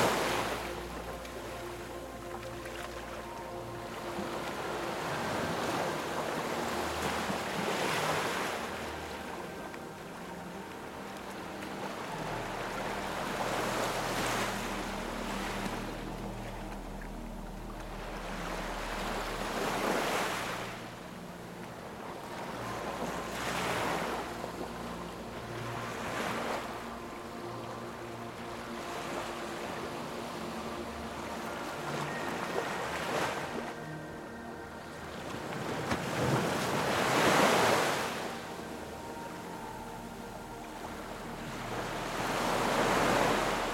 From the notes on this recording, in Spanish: el sonido natural de las olas, perfectamente armonizado con música terapéutica